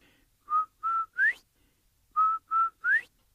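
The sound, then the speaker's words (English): Someone whistles a short three-note phrase twice, two steady mid-pitched notes followed by a quick upward-sliding note, with a brief pause between the repetitions and no talking. “So Quail takes a couple steps back And he makes that beautiful sound again.”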